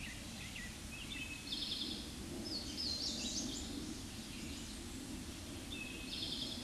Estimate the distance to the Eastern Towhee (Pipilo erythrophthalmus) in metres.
about 45 m